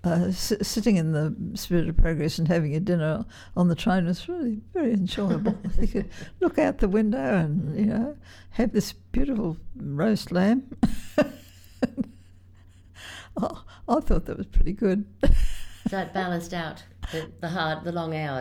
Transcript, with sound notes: — sitting in the Spirit of Progress and having a dinner on the train was really very enjoyable, you could look out the window and you know, have this beautiful roast lamb; [laughs] I thought that was pretty good.
So it balanced out the hard — the long hours?